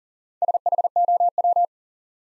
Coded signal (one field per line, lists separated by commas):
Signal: Morse code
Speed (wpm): 38 wpm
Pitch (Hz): 700 Hz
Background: none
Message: SHOW